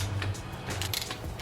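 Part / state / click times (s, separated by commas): bolt threaded into engine cylinder head / stripped / none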